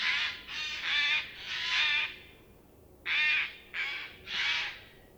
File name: Garrulus glandarius